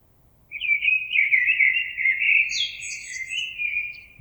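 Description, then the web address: Common blackbird: one sustained phrase of liquid warbling whistles with a scratchy high twitter midway through. Recorded on 26 April 2022. "oiseaux Merle 2022 04 26"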